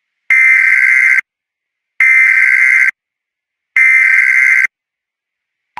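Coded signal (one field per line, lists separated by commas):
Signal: Emergency Alert System (SAME) tones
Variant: header bursts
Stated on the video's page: Fictional EAS scenario imagining a hacked EAS, using a renamed National Emergency Termination code.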